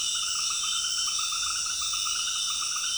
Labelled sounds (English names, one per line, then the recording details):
none
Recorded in dense forest near Puerto Asís, Putumayo, Colombia, on 19 February 2024 at 18:30
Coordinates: 0.502, -76.324
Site G6370